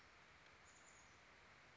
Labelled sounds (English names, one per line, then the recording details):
Chestnut-backed Chickadee
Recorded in Sonoma County, California